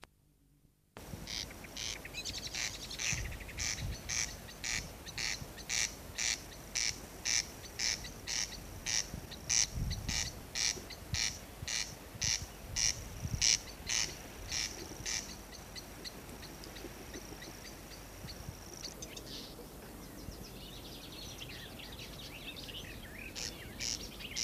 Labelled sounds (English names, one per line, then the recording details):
Corn Crake call
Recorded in the wild
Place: Nordstemmen, UZ
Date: 1986-05-23
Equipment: Halbspur, 9,5 cm/s
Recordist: Lütgens, Hans